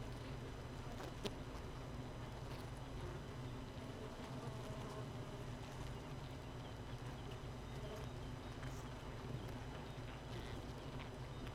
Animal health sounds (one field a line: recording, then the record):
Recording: honeybee colony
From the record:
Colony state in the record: missing queen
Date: 31 May 2018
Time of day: 4:54